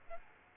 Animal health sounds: mosquito wingbeat signal from an infrared sensor; Aedes aegypti

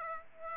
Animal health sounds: mosquito wingbeat signal from an infrared sensor; Aedes aegypti

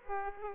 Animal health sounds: mosquito wingbeat signal from an infrared sensor; Aedes aegypti

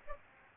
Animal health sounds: mosquito wingbeat signal from an infrared sensor; Aedes aegypti

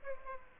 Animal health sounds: mosquito wingbeat signal from an infrared sensor; Aedes aegypti

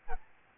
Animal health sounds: mosquito wingbeat signal from an infrared sensor; Aedes albopictus

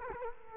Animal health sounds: mosquito wingbeat signal from an infrared sensor; Culex quinquefasciatus

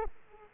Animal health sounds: mosquito wingbeat signal from an infrared sensor; Aedes aegypti

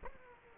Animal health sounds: mosquito wingbeat signal from an infrared sensor; Aedes aegypti

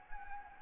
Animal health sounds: mosquito wingbeat signal from an infrared sensor; Anopheles arabiensis

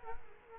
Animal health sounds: mosquito wingbeat signal from an infrared sensor; Culex quinquefasciatus

